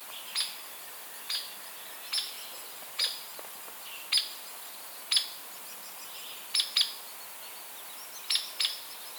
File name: Picoides villosus - Hairy Woodpecker